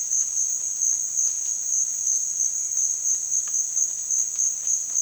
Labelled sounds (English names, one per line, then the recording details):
none
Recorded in dense forest near Puerto Asís, Putumayo, Colombia, on 25 June 2025 at 15:30
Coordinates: 0.466, -76.327
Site GP04